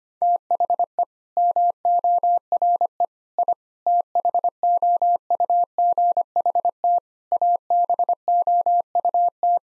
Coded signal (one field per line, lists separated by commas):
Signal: Morse code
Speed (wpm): 25 wpm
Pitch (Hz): 700 Hz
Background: none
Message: THE MORE I THOUGHT ABOUT